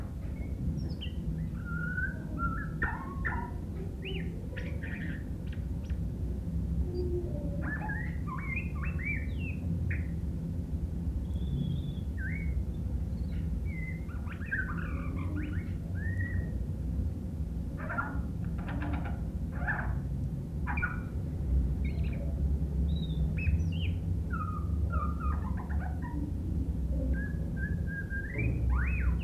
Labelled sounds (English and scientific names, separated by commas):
White-rumped Shama (Copsychus malabaricus) song